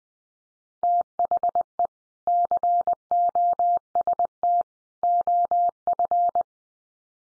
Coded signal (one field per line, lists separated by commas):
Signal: Morse code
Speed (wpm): 20 wpm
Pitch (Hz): 700 Hz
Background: none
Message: THE COST OF